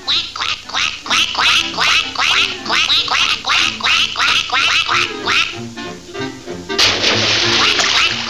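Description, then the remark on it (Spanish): Ducklings quack in a quick, steady run of bright, high-pitched calls for several seconds, fading into scattered calls before a rushing, splashy noise takes over at the end. “Mira, ya hay unos polluelos.”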